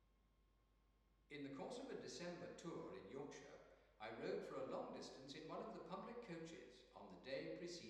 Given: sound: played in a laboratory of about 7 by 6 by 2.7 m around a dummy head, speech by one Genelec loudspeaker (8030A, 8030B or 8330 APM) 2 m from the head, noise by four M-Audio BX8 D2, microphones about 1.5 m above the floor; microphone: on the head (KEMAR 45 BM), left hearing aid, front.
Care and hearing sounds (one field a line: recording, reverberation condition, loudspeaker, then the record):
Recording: male speech in English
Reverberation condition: high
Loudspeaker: 30 degrees to the left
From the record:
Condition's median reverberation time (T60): about 1300 ms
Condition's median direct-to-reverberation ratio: about -4.0 dB